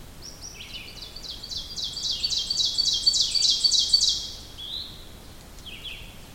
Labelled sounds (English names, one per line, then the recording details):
Ovenbird song
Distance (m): 15 m
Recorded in boreal forest in Alberta, Canada, on 2 June 2016 at 07:24
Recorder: SongMeter 3, array SBT-3-7
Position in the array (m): 139 m, 135 m
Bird 8